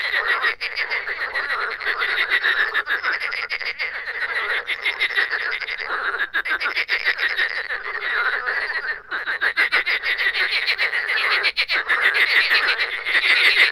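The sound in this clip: Chorus of frogs giving quick repeated croaks, a thick continuous rattle with a few short pauses and swells.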